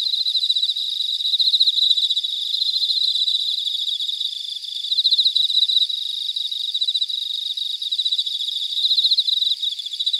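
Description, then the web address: Cicadas buzzing in a shrill, continuous high drone that pulses and swells in waves every second or two; no low sounds. Cicadas in Weinan, China. "Sound Scapes China Cicadas Weinan"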